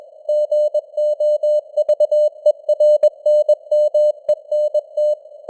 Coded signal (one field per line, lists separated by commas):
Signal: Morse code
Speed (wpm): 21 wpm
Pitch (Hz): 600 Hz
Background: none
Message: GOVERNMENT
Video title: Morse Code News | 2025-12-13 | 21wpm